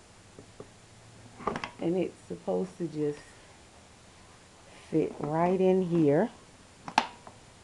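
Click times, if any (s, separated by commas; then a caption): 7.0 s. An infant car seat is lowered onto the stroller frame adapters while someone talks, and it latches in with a sharp click at 7.0 s. The car seat is seated on the stroller.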